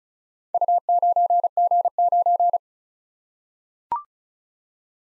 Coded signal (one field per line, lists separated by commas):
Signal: Morse code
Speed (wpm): 36 wpm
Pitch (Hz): 700 Hz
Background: none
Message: U9G9